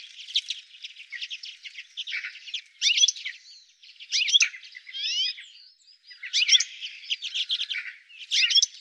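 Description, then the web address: Bird song: rapid, complex chattering phrases of high twittering and trilled notes, delivered in bursts with brief gaps throughout. "cianscape birddata"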